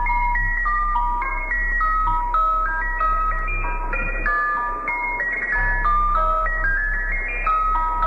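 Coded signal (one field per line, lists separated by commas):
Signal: numbers station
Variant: Swedish Rhapsody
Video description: The numbers station featured in this is called The Swedish Rhapsody.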